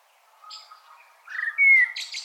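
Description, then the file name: Common blackbird song: a soft low whistle rising into a clear, sliding fluty note that ends in a brief scratchy twitter. "Turdus merula"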